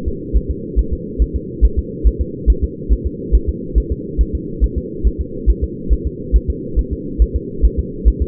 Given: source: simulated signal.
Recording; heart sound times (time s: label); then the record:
fetal heart sounds
0.08 s: S2
0.36 s: S1
0.50 s: S2
0.79 s: S1
0.93 s: S2
1.22 s: S1
1.36 s: S2
1.65 s: S1
1.79 s: S2
2.07 s: S1
2.21 s: S2
2.50 s: S1
2.64 s: S2
2.93 s: S1
3.06 s: S2
3.35 s: S1
3.49 s: S2
3.78 s: S1
3.92 s: S2
4.21 s: S1
4.35 s: S2
4.64 s: S1
4.78 s: S2
5.07 s: S1
5.21 s: S2
5.50 s: S1
5.64 s: S2
5.93 s: S1
6.07 s: S2
6.36 s: S1
6.50 s: S2
6.79 s: S1
6.93 s: S2
7.22 s: S1
7.36 s: S2
7.65 s: S1
7.79 s: S2
8.08 s: S1
8.22 s: S2
From the record:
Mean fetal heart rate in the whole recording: 140 bpm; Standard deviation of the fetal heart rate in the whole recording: 2 bpm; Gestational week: 34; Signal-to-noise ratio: -4.3 dB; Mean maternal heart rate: 72 bpm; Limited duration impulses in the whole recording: absent